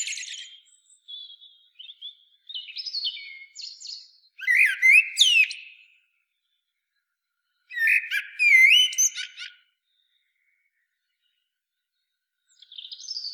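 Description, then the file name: Common blackbird song with soft high notes, then two loud phrases of whistles and sliding notes separated by a quiet gap, and a soft note at the end. "Turdus merula"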